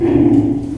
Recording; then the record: squeal of a Yucatan mini pig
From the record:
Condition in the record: before surgery on the right vocal fold (resection and tissue-engineered implant); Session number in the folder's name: 2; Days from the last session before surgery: -15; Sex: female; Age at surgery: 19 weeks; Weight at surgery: 25 kg